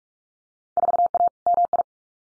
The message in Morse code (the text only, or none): 4A MI